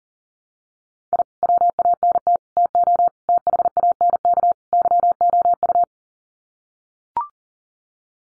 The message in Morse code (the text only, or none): I WANT TO THANK YOU